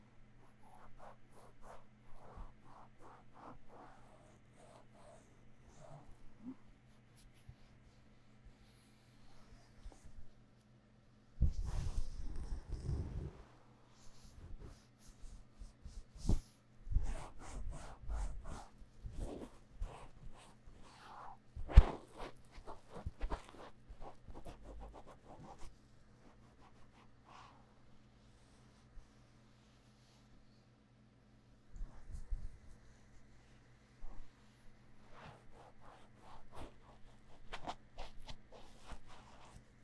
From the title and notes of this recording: 用蘆薈凝膠按摩耳朵. Aloe based gel sticky Earmassage | 3Dio | NoTalking.